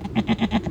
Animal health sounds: contact call of a hoofed animal; goat; low-frequency (closed-mouth) or high-frequency (open-mouth) call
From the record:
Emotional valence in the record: negative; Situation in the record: short social isolation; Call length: 0.71 s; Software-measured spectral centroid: 1550 Hz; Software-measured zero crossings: 1000 a second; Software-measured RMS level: -23 dBFS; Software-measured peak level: -10 dBFS

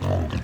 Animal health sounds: contact call of a hoofed animal; wild boar; grunt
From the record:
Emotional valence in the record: positive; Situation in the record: food anticipation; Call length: 0.44 s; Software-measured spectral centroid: 1650 Hz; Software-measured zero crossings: 900 a second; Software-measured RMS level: -24 dBFS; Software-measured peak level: -12 dBFS

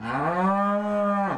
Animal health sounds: contact call of a hoofed animal; cattle; low-frequency (closed-mouth) or high-frequency (open-mouth) call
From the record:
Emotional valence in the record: negative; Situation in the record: full separation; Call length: 1.38 s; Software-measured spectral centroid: 1170 Hz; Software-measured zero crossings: 1560 a second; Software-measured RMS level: -24 dBFS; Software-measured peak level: -12 dBFS

